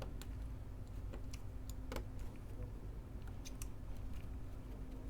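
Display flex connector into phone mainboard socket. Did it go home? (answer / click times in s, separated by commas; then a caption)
no / none. A display flex connector is handled over a phone mainboard socket during reassembly of a Huawei Mate 20 Pro after a screen replacement. Faint ticks and scrapes sit over a steady low hum, and nothing has seated or clicked yet.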